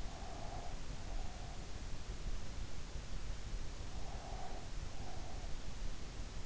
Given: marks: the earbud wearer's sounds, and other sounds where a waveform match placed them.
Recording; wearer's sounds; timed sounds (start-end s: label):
sounds in sleep by an in-ear microphone; breath
0.00-1.71 s: breath
3.96-5.54 s: breath